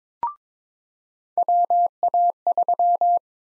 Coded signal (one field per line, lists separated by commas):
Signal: Morse code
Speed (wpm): 21 wpm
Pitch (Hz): 700 Hz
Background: none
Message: WA3